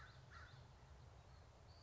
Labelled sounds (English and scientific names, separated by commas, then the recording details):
American Crow (Corvus brachyrhynchos)
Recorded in Sonoma County, California